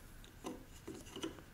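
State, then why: Not seated. A GPS unit is being handled and slid toward its plastic cradle on a Ducati XDiavel motorcycle handlebar mount, making soft rubbing and scraping sounds with brief plastic taps around 0.5 s and 1.2 s. Nothing has seated or clicked into the cradle yet.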